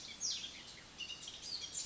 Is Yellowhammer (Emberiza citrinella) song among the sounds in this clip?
no